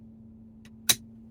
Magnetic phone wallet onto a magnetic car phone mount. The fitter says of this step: this is the magnetic piece right here and you're going to hear it click